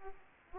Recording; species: mosquito wingbeat signal from an infrared sensor; Aedes aegypti